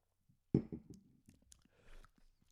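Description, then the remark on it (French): A sudden low knock of a chalice glass at the lips, then soft slurping and a brief hissy sip of a dark brown Belgian double beer, followed by a quiet swallow. No one speaks. “Fait que un chin première à toi, gorgée.”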